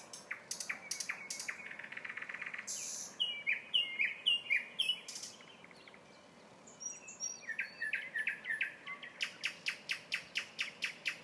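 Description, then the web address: Nightingale song: rapid repeated clicking notes, rattles and high whistled phrases, varied and loud, with brief pauses between phrases. Song of a nightingale recorded in a town. "spiew slowika miasto zukowski"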